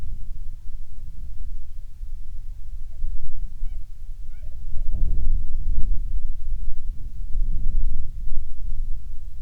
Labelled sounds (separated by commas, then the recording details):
bird, wind
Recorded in the Prudhoe Bay oil fields, Alaska, on 30 June 2019 at 00:28
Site 22